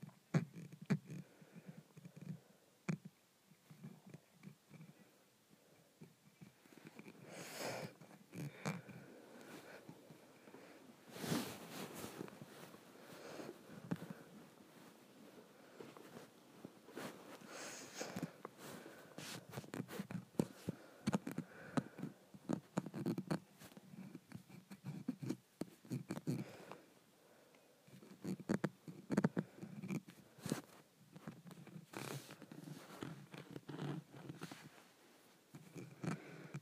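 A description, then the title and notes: Scratching at a window, heard as a dense run of rough, rasping strokes that come in bursts of varying length, some brief and some lasting a second or more. Louder, brighter scrapes stand out around 11, 18, 23 and 29 seconds, with a low hum underneath throughout. ASMR Scratching my Window.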